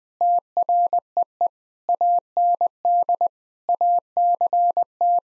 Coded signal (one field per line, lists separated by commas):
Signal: Morse code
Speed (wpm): 21 wpm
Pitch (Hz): 700 Hz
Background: none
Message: TREE AND ACT